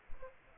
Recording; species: mosquito wingbeat signal from an infrared sensor; Aedes aegypti